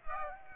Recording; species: mosquito wingbeat signal from an infrared sensor; Aedes aegypti